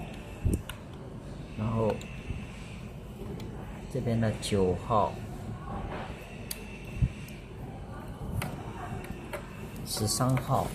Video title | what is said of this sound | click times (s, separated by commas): How to replace Motherboard of PUSUN Tennis ball machine PT-9001/如何更换普尚网球发球机PT-9001主板？完整视频 | 按上去的时候会有咔嚓一声响。 | 0.5 s, 0.7 s